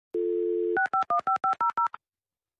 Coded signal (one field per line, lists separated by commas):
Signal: DTMF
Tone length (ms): 120 ms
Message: 6515500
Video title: Let's Fight A Boss - GOTY Mixtrack 2018 (Dial-Up Modem Part 1)